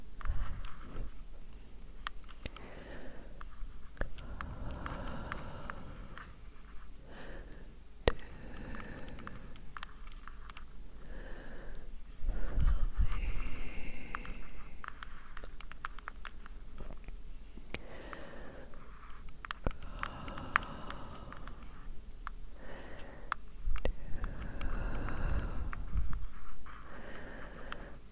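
Slow breathing rises and falls in soft, airy swells every few seconds, with a louder stretch around the middle. Light taps and small clicks land irregularly throughout, some sharp and bright. A faint low hum sits underneath the whole time.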